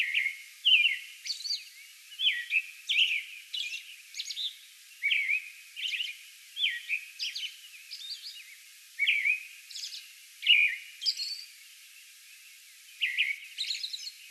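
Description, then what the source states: American robin singing clear, fluty phrases in a steady series, then a short pause near the end before singing resumes. Recorded May 11; a song bout.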